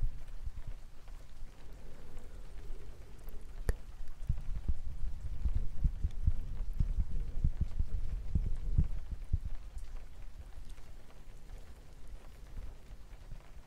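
Gentle rain taps steadily throughout, with a soft low rumble underneath. Denser, slightly louder pattering clusters between about four and ten seconds, including a sharp click near four seconds, then the tapping thins and quiets toward the end.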